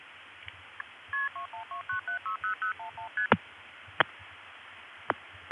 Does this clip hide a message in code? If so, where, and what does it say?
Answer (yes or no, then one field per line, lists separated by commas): yes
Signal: multi-frequency trunk signalling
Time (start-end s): 1.1-3.3 s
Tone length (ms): 120 ms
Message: KP212960011ST